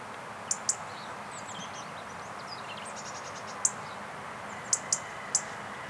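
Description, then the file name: European robin producing scattered single and paired sharp ticks, with a soft hiss and faint high thin notes behind. "Erithacus rubecula"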